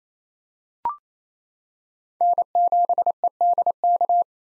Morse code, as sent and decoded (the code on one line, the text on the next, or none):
-. --... . -.. -.-
N7EDK